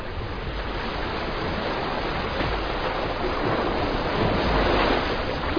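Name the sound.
water sounds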